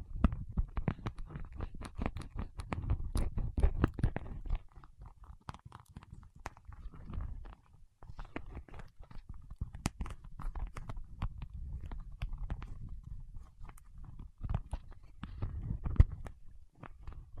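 Fingertips work sticky wax in dense crackling taps and scrapes over a low rumble, busiest early, briefly pausing near eight seconds.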